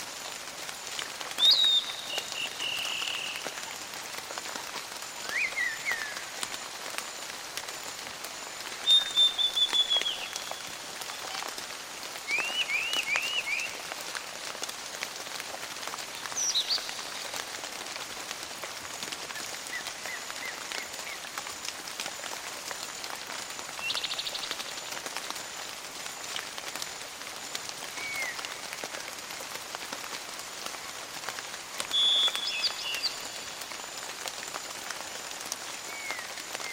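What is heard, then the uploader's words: Rain falls steadily on a rainforest, a dense, even patter of drops filling the whole clip. Over it, birds call every few seconds with short chirps, trills and whistles, scattered throughout. Rainforest & Rain for Relaxing.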